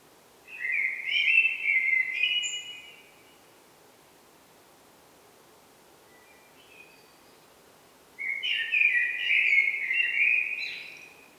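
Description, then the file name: Common blackbird giving a rich fluty phrase, a long pause, then another flowing warble with scratchy high notes at its end. "Turdus merula"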